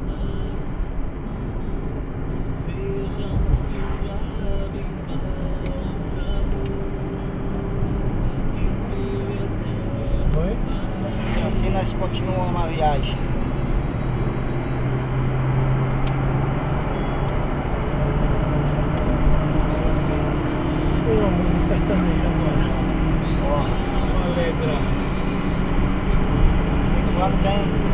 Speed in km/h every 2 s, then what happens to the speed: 56, 58, 62, 65, 67, 72, 79, 83, 89, 94, 98, 100, 101, 102.
0-20 speeds up to 98. 20-28 steady at about 100.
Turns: none.